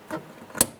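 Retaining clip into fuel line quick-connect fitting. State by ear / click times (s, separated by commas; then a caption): seated / 0.6 s. A retaining clip that had popped out of a fuel line quick-connect fitting on a 1999-2004 Jeep Grand Cherokee is pushed back into the fitting by hand. After a softer handling sound near 0.1 s, a sharp, bright click at 0.6 s marks the clip snapping into place. The fitting is locked.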